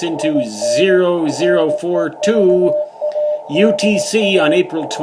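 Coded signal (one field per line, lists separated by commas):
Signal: Morse code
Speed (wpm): 18 wpm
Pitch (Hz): 590 Hz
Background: speech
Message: IN NEVADA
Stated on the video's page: Morse heard on amateur bands above 14 MHz.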